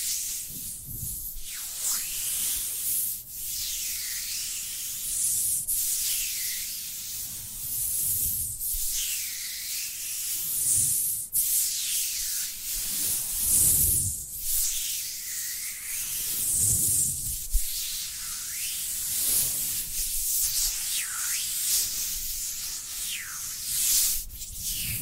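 Dry hands rub together in a steady, papery hiss that never stops. The friction swells and sweeps in repeated strokes about every second or two, with occasional soft low bumps as the palms shift and press.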